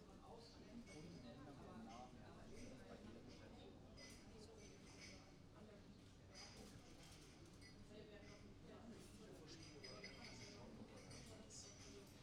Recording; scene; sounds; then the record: everyday scene through a hearing-aid microphone; many people talking; many voices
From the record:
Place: university cafeteria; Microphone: in the ear canal, right